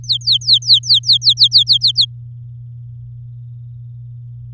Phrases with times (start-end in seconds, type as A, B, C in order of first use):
0.04-2.05 A